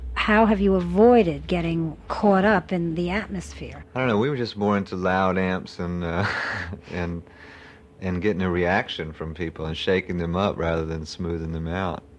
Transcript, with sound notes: How have you avoided getting caught up in the atmosphere?
I don't know, we were just more into loud amps and [chuckles] and getting a reaction from people and shaking them up rather than smoothing them out.